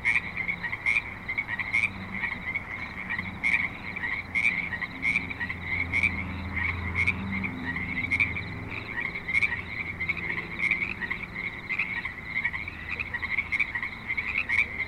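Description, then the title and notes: Frogs croak in a repeating chorus of crisp raspy calls while a vehicle rumbles past in the middle of the recording. Frogs at a creek in Spanish Springs, Nevada, USA, in a suburban setting with light traffic. "Frogs in Spanish Springs, NV - creek view. Frogs with light traffic and other suburban sounds"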